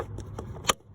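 Pushing on the replacement mirror glass of a 2011 Hyundai Sonata side mirror snaps further retaining clips of its backing plate into the mirror mount. Faint ticks come at about 0.2 s and 0.4 s before a sharp, bright click at 0.7 s. The glass is seated.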